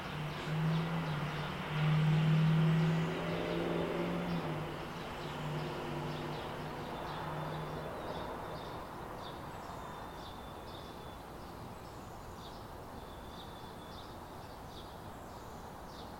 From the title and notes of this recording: Maple Leaf 4:55 AM. Recorded in our backyard.